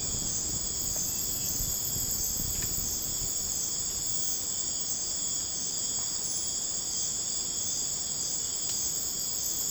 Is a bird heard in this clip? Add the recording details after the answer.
no. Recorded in dense forest near Puerto Asís, Putumayo, Colombia, on 21 December 2024 at 02:30. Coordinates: 0.481, -76.323. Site G100